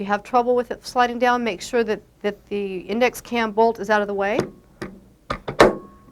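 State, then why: Seated. Someone talks while a keyed part is pushed down the shaft of a Spolar Gold Premier shotshell reloading press, with its key lined up to the keyway in the shaft and the index cam bolt kept out of the way so it slides down. Several short knocks follow at about 4.8, 5.3 and 5.5 seconds. A loud, sharp snap at 5.6 seconds marks the part seating securely in place.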